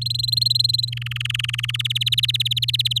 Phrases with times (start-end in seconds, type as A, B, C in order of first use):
0.01-0.90 A, 0.92-1.76 B, 1.79-2.99 C